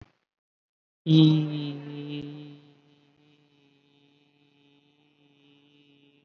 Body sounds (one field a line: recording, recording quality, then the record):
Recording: sustained vowel as in beet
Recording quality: excellent, no background noise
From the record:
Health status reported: COVID-19 positive, mild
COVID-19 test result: positive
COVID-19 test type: RT-PCR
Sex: male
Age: 33 years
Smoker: no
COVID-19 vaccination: one dose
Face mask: not worn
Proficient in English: yes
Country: India